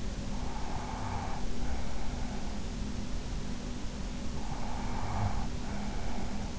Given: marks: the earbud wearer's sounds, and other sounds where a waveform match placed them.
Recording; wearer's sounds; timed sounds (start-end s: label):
sounds in sleep by an in-ear microphone; breath
0.14-2.48 s: breath
4.31-6.59 s: breath